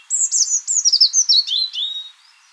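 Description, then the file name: European robin delivering a rapid cascade of high, silvery notes that tumble steadily downward in pitch, ending with a soft trailing twitter. "Erithacus rubecula"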